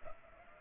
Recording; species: mosquito wingbeat signal from an infrared sensor; Culex pipiens